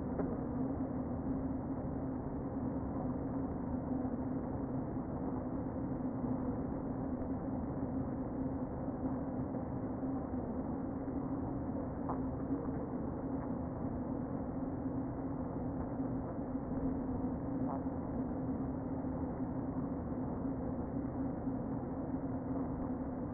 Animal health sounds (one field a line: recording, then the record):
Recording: honeybee colony, microphone inside the hive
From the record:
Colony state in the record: queen present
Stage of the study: before two queens were removed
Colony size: about 60,000 bees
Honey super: yes